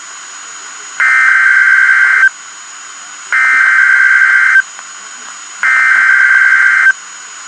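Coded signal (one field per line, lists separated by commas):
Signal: Emergency Alert System (SAME) tones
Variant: header bursts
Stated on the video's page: Real EAS alerts, a back-to-back tornado warning and severe thunderstorm warning.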